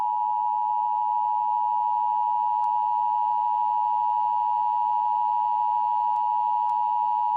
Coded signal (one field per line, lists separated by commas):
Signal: Emergency Alert System (SAME) tones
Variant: 853 and 960 Hz attention tone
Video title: EAS scenario #1 - That's no lunar eclipse...